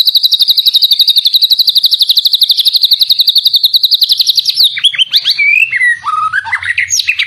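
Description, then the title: White-rumped shama song opening with a fast, even trill held for several seconds, then breaking into varied swooping whistles. Song used as a tutor recording (masteran) to train cage songbirds. "Masteran Murai Batu"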